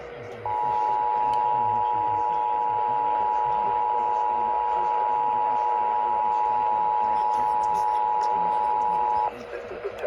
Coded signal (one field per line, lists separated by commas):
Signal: Emergency Alert System (SAME) tones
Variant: 853 and 960 Hz attention tone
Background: speech